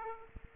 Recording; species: mosquito wingbeat signal from an infrared sensor; Aedes aegypti